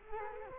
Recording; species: mosquito wingbeat signal from an infrared sensor; Culex quinquefasciatus